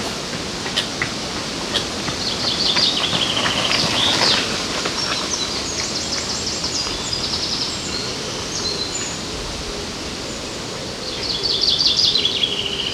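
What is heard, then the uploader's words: Birds call along the river in Odense, Denmark, over a steady hiss of outdoor noise. Short bright chirps and trills come in bursts near the start, around the middle, and again toward the end, with a low rumble underneath throughout. Sounds along the river in Odense, Denmark.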